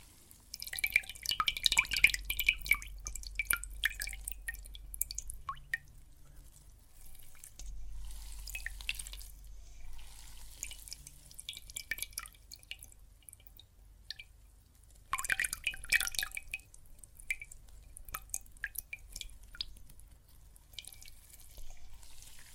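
Water and soap foam crackle and drip in irregular bursts of bright fizzing, busiest near the start and around fifteen seconds, over a low hum.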